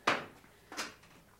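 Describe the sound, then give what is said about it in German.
Two wooden knocks about three quarters of a second apart, the first louder and sharper, the second softer with a brief rattle, as window shutters are swung closed. “Ich schließe die Läden.”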